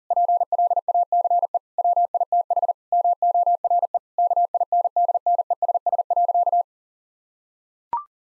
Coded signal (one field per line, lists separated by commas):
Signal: Morse code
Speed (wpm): 40 wpm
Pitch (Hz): 700 Hz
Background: none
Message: PLACE WITH MORE KINDNESS.